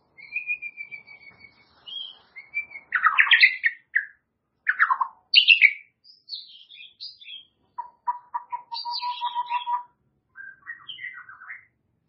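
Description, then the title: White-rumped shama song: varied phrases of clear whistles, sweeping notes and short trills, ending with a steady rapid trill and a few scratchy notes. "murai batu"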